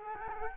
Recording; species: mosquito wingbeat signal from an infrared sensor; Culex quinquefasciatus